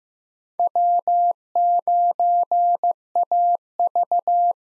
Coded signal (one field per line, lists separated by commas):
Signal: Morse code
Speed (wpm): 15 wpm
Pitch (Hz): 700 Hz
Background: none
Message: W9AV